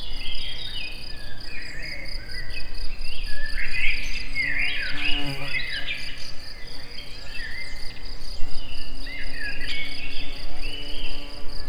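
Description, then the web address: Insects chirping in a steady, high, finely pulsed trill that runs throughout, with birds calling and twittering in short, sweeping phrases over it. Insects recorded in nature at Egertúristaház. "allathangok termeszetben rovarok hangosabb tobbhalk hangoskornyezet egerturistahaz"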